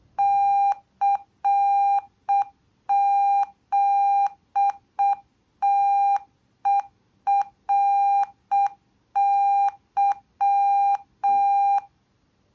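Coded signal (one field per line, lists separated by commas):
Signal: Morse code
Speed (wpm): 6 wpm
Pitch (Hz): 800 Hz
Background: none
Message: CZTERY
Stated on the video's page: Morse code sent by software.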